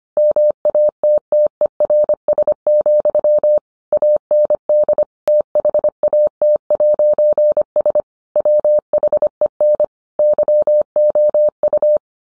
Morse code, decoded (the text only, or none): MATTERS, AND THAT'S WHEN YOU